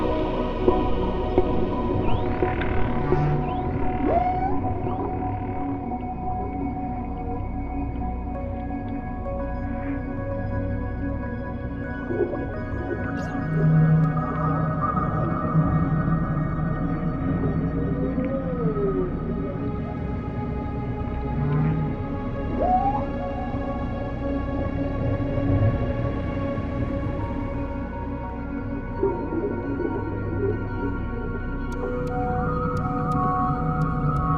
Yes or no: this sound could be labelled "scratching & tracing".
no